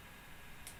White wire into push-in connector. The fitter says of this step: that snaps right in and notch